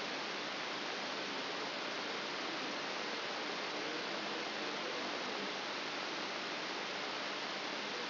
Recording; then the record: brain microelectrode recording played as sound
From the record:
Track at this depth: inside the subthalamic nucleus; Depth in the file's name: 4.701 mm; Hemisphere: left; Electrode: 3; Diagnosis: Parkinson's disease